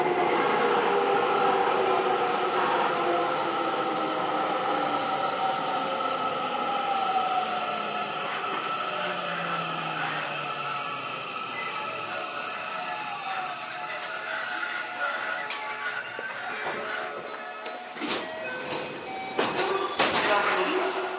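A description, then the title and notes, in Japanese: A JR 207 series train runs with a steady motor whine and rumble, pitch sliding down as it slows, then clanks and rattles near the end. JR207系 京橋〜宝塚。JR東西線、宝塚線の区間で録音しました。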